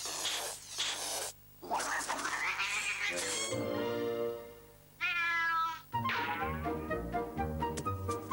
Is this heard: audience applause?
no